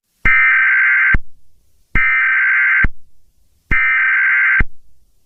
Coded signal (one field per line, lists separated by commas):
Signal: Emergency Alert System (SAME) tones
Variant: header bursts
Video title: EAS- Blizzard Warning but the EAS is opening Christmas presents. [Merry Christmas!]